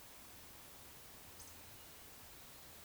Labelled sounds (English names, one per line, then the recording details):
Eurasian Woodcock whistle
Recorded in Baden-Württemberg, Germany, on 19 June 2020 at 19:35 UTC
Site 49006, 684 m above sea level